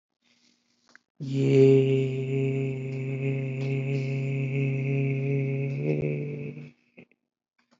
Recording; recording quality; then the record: sustained vowel as in made; excellent, no background noise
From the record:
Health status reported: respiratory illness, not identified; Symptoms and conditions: asthma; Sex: male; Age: 26 years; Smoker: not ticked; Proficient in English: yes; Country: United States